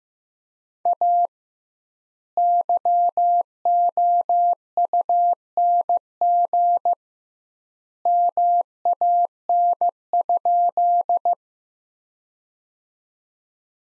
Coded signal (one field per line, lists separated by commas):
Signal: Morse code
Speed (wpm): 15 wpm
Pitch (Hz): 700 Hz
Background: none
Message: A YOUNG MAN?